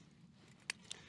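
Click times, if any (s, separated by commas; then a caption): 0.7 s, 0.9 s. The folding support legs of a Soto Stormbreaker multi-fuel camping stove are swung out and lock into the stove body. Two sharp metallic clicks are heard at 0.7 and 0.9 seconds over a quiet background, and the legs are seated in place.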